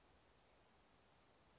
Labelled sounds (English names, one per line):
Western Flycatcher